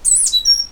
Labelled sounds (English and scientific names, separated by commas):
Stitchbird (Notiomystis cincta) song